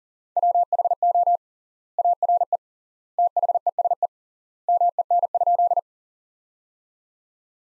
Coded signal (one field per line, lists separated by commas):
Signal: Morse code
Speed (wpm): 40 wpm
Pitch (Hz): 700 Hz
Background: none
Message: WHO ARE THESE MEN?